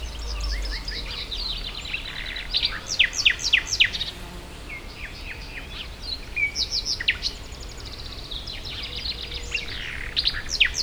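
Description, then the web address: Birds calling in bouts of dense, overlapping chirps and rapid trilled bursts from several individuals, with a constant low rumbling noise underneath. Hortobágy fishponds, Hungary, 2014; diverse birdlife in nature, recorded at the inner terminal station of the narrow-gauge railway. "kisvasut hortobagyihalastavak 2014 termeszet sokszinumadarvilag belsovegallomas"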